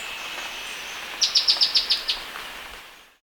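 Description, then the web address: Olive flycatcher calling: a quick run of seven short, high, sharp notes in a bit under a second, over a steady high background hiss. South American Andean bird. "Natures Songs S America Andean Birds. Olive Flycatcher (Mitrephanes Olivaceeus)"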